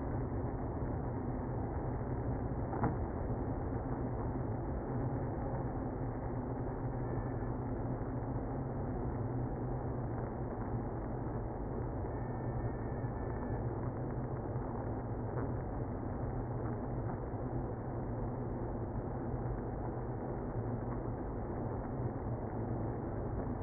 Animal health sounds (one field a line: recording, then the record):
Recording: honeybee colony, microphone inside the hive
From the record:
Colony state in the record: queenless (queen removed)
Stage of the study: after two queens were removed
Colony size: about 60,000 bees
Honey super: yes